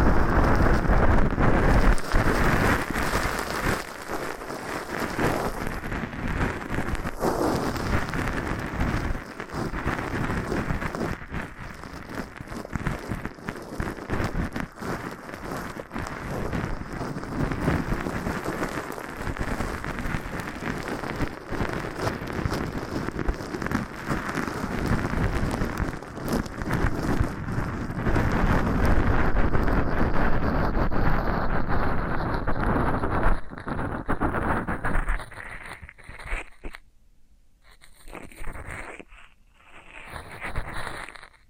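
Floral foam being worked, giving a dense, steady crackle and crunch made of countless tiny rapid clicks, mostly low and mid-toned with some brighter grit. Around the 35-second mark it thins out into sparse, separate crunches with short silences between them.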